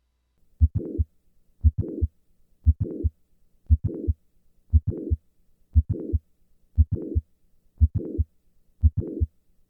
Mitral Valve Prolapse. Listen once again to the change in the click murmur with a squat maneuver. Squatting. Standing.